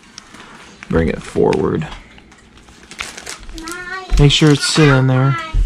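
While reassembling a baitcasting fishing reel, the side plate is lined up and brought forward toward the reel frame, with small handling taps and clicks as someone talks. The clip ends before the side plate goes home, and nothing has seated or clicked into place yet.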